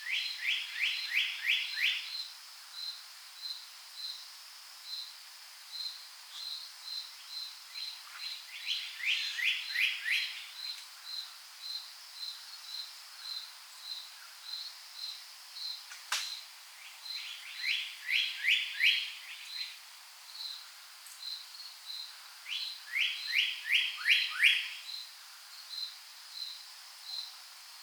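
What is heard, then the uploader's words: Dawn chorus in Wolfville, Nova Scotia: steady high ticking calls throughout, with bright descending song bursts near 1, 9, 18 and 24 seconds. A field recording of the dawn chorus in Wolfville, Nova Scotia, Canada.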